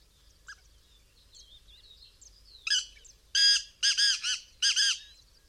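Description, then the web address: Black francolin call: soft faint whistles first, then a loud series of about five harsh, grating, ringing notes in quick clipped bursts. "bird black francolin"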